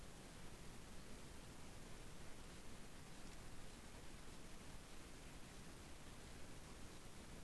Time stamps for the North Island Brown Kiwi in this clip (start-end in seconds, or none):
none